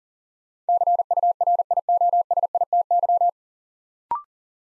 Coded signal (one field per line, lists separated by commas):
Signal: Morse code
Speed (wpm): 39 wpm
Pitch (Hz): 700 Hz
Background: none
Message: CURIOSITY